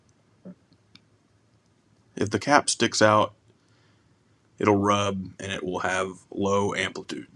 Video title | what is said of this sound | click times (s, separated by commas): 1957 Longines Service and Repair. | pressed down in there you can hear it pop and you're looking for it to be flush you don't want the cap to stick out | 1.0 s